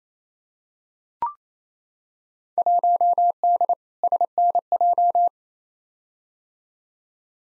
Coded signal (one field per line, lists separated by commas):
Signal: Morse code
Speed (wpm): 28 wpm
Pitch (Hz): 700 Hz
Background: none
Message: 1D SNJ